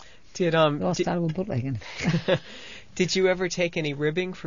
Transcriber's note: they laugh